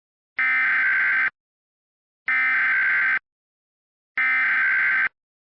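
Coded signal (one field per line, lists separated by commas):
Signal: Emergency Alert System (SAME) tones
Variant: header bursts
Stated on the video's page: Fictional EAS scenario, not a real alert.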